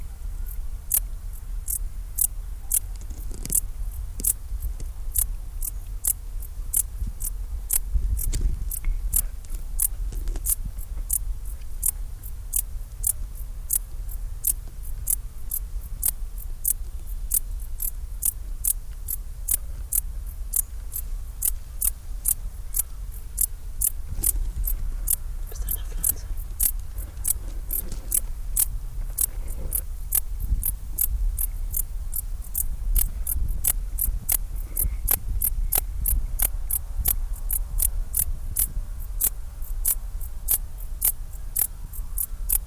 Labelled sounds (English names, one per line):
Dark Bush-cricket stridulation